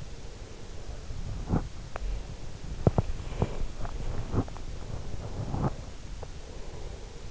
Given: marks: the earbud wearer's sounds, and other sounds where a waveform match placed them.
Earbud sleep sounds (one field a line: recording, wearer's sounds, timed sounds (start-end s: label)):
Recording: sounds in sleep by an in-ear microphone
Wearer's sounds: breath, teeth grinding, body movement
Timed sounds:
0.18-2.57 s: breath
1.27-2.11 s: teeth grinding
2.70-5.90 s: body movement
5.02-7.31 s: breath